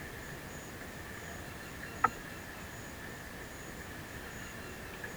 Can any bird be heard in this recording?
no